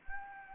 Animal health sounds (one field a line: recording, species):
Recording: mosquito wingbeat signal from an infrared sensor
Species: Anopheles gambiae